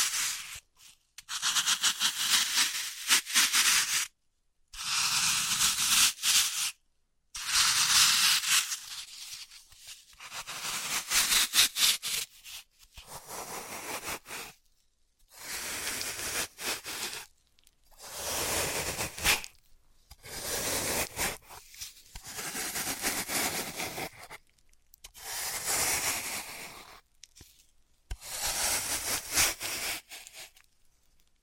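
Floral foam being crushed and cut in bursts of crackly, hissy crunching, about ten separate handlings, each a second or two long, separated by brief silences.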